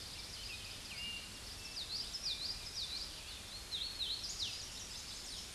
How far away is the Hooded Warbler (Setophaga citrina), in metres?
about 45 m